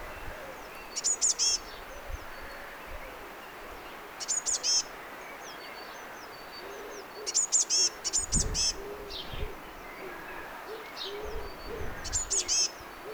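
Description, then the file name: Eurasian blue tit calls: bursts of very high, thin, rapid notes, repeated about every three to four seconds, with faint chirps and low thumps. "Cyanistes caeruleus"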